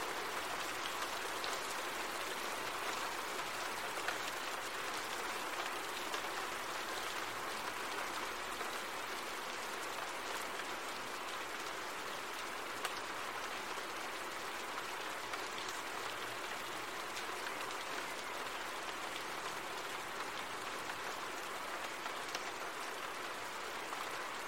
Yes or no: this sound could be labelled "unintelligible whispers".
no